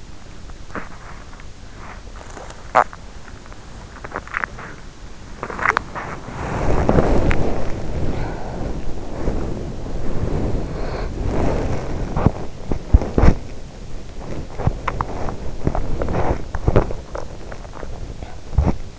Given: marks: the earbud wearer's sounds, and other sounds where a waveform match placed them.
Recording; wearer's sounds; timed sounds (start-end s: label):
sounds in sleep by an in-ear microphone; body movement, swallowing, breath
0.00-18.77 s: body movement
3.83-4.90 s: swallowing
7.71-8.92 s: breath
10.52-11.28 s: breath
16.95-18.99 s: swallowing